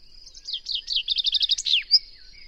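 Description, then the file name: Common chaffinch song: a run of rapid repeated notes ending in a swooping flourish and a brief high note, against a thin steady whine. "Fringilla coelebs"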